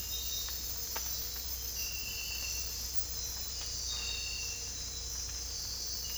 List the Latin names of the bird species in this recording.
none